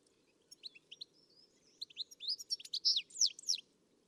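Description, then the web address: Bird twittering, soft scattered chirps building into a quick, louder burst of high slurred notes. "Deverinetal. Bird Only"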